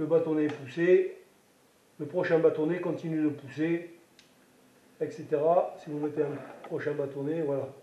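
A hot-glue stick is being handled and inserted into the feed at the back of a hot glue gun, behind the previous stick, while someone talks. A faint brief tap is heard at 4.2 s during a pause. Nothing has seated or clicked yet.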